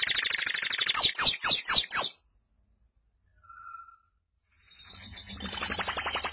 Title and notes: Suara Burung Kenari